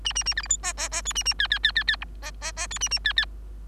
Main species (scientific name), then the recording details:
Lonchura striata domestica. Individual Bird3